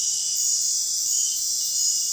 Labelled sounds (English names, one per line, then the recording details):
none
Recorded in dense forest near Puerto Asís, Putumayo, Colombia, on 20 February 2024 at 01:30
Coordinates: 0.499, -76.324
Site G6469